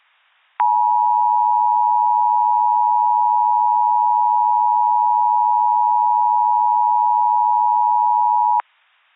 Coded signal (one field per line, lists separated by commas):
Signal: Emergency Alert System (SAME) tones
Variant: 853 and 960 Hz attention tone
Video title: (Zombie Virus EAS Scenario) - The Awakening [ft. Harvester]